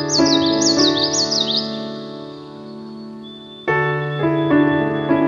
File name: Common Yellowthroat